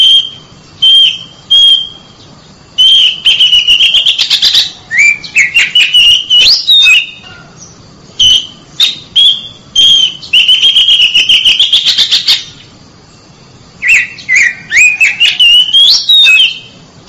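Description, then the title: Oriental magpie-robin singing rich whistled notes mixed with scratchy buzzy bursts, in phrases broken by brief pauses throughout. Chirping song of a champion bird. "Kicau Burung Kacer Juara"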